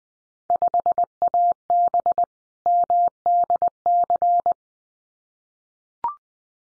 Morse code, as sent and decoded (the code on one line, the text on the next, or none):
..... .- -... / -- -.. -.-.
5AB MDC